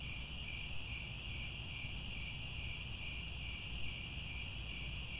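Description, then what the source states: Cricket chorus, steady high-pitched chirping from many insects at once, over a low rumbling background. Chorus of many crickets chirping at twilight as the sun sets.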